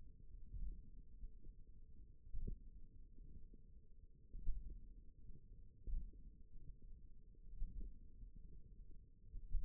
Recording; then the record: forearm muscle sounds (acoustic myography)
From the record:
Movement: hook grip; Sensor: system 1, eight BSWA MPA416 microphones around the upper forearm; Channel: 1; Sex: female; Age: 21 years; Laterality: right